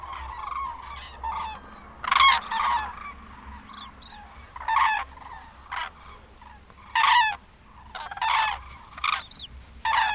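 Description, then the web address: Common crane calling, loud trumpeting notes in short irregular bursts, with softer calls between them. "Madardalok Cd 3. Daru"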